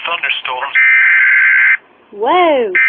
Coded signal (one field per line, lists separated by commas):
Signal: Emergency Alert System (SAME) tones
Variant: header bursts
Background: speech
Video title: Happy New Year! Here are my most favorite EAS alerts I filmed!